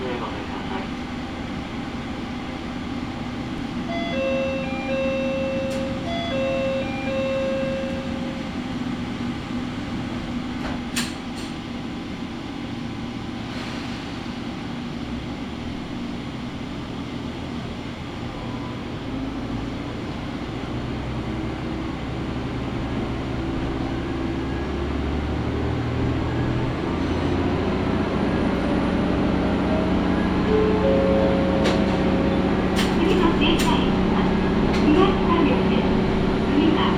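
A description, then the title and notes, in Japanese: A Matsuura Railway train runs from Nishi-Tabira toward Matsuura, with a steady low engine rumble and drone throughout. Brief tones sound early on, sharp clicks come around eleven seconds and again past thirty, and the engine grows louder and deeper after twenty-seven seconds. 松浦鉄道 西田平→松浦。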